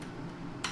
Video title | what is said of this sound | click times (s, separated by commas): Simpson Pressure Washer Tutorial MS60921 | you might just have to press it up and then it's locked into place and then to remove it | 0.6 s